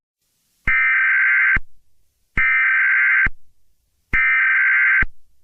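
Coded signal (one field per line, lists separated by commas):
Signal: Emergency Alert System (SAME) tones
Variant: header bursts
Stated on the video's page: Fictional EAS scenario, a simulated horror alert.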